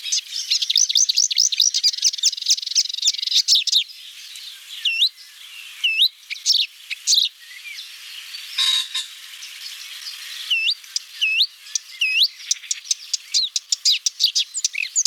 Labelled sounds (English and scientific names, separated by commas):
Marsh Warbler (Acrocephalus palustris) song